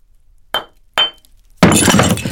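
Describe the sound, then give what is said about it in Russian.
A hammer smashes pieces of plaster taken down from shelves: two sharp, ringing knocks, then a loud, sustained crash of breaking and crumbling fragments that runs to the end. No voices. “Агент Афанасьев аккуратно достал куски гипса с полок, а потом аккуратно треснул по ним молотком.”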